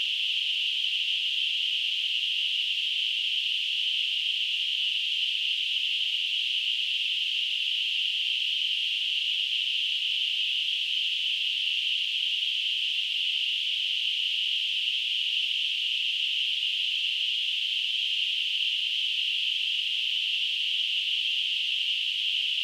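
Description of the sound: Simulated tinnitus: a steady, unchanging high-pitched hissing tone in a narrow band centred around 3 kHz, with nothing below about 1 kHz, holding at a constant level throughout.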